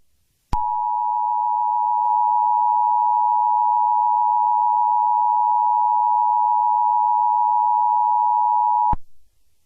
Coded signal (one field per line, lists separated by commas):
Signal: Emergency Alert System (SAME) tones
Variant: 853 and 960 Hz attention tone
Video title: EAS Scenario #11: Fireworks Disaster (July 4th Special)